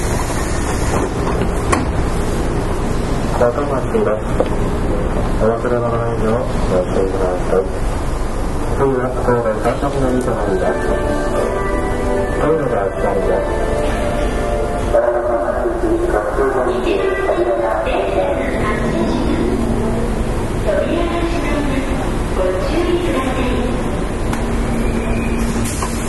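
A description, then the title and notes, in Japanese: A train ride recorded from inside the car, with a steady low rumble of running gear filling the whole half-minute. Voices, likely an onboard announcement or passengers talking, come through over the noise, and the loudness stays even throughout. 山陽電気鉄道 5000系電車の走行音です。山陽電鉄線から神戸高速線・阪神電鉄線へ直通する直通特急列車にて収録。区間は、舞子公園から神戸三宮までです。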